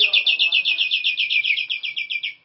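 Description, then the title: Nias hill myna song: a fast, steady rattle of many ringing, down-slurred notes in a single unbroken burst lasting over two seconds. "Jalak Nias"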